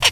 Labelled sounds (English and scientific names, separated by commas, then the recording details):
Zebra Finch (Taeniopygia guttata) kackle call
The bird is a female
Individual fem8